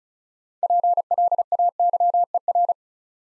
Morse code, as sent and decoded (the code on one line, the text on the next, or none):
.--. .-.. .- -.-- . .-.
PLAYER